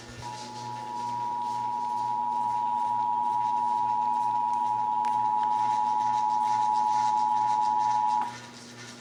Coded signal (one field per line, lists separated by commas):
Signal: Emergency Alert System (SAME) tones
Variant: 853 and 960 Hz attention tone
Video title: (EAS #321-328) January 2023 Texas Required Monthly Test